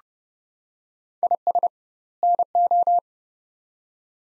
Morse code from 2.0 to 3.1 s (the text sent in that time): NO